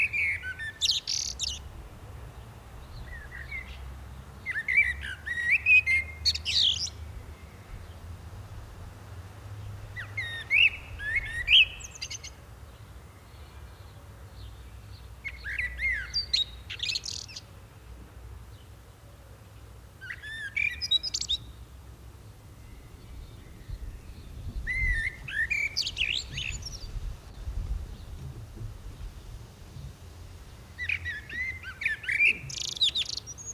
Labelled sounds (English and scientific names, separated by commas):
Common Blackbird (Turdus merula) song